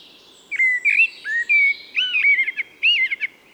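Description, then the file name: Common blackbird pouring out rich, fluty warbling notes in quick succession, mixed with brief higher twittering touches. "Turdus merula"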